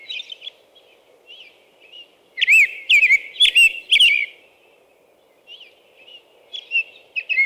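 American robin song: a bright cluster of whistled warbling phrases in the middle, with softer scattered notes before and after over a steady low hum.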